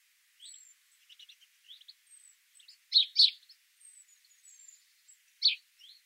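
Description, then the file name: House sparrow chirps, a loud close pair then one more, amid steady faint chirping and high thin notes. "Passer domesticus"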